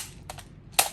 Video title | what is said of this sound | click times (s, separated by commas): E&C 116 DYสีทรายบอดี้ HK416A5 ปืนบีบีกันไฟฟ้า ปรับแต่งทน+แต่งแม่นยำ+แต่งสวยงาม+แต่งแรง550+++จัดเต็ม | ก็มาแล้วตบนะครับส่งให้มันเข้าล็อคก่อนข้อที่ | 0.8 s